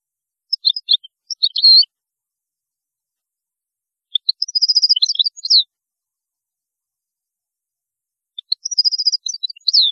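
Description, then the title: European goldfinch song: liquid, twittering phrases in three bouts, the later two running into a rapid trill and a sliding final note. "Chant Chardonneret"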